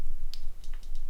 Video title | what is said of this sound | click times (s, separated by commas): Sony Ericsson K510i disassembly and clean #tech | Just clicks in place and that's it. | 0.3 s, 1.1 s